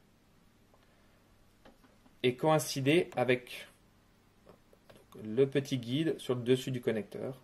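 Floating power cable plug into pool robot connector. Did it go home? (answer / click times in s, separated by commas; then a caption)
no / none. The floating power cable plug of a Pentair BlueStorm electric pool robot is held with its trigger facing up and lined up with the small guide on top of the robot's connector, before it is pushed in. Someone talks over faint handling ticks around 1.7, 4.5 and 4.9 seconds. Nothing has seated or clicked yet.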